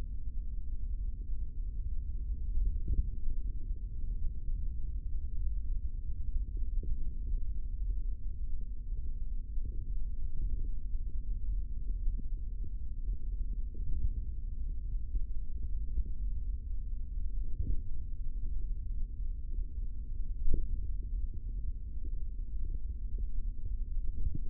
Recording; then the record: forearm muscle sounds (acoustic myography)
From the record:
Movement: tripod grip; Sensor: system 3, bracelet of six PUI Audio POM-2738L microphones around the upper forearm, with dedicated amplification and filtering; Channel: 2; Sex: male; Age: 25 years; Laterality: right